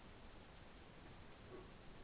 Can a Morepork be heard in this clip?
no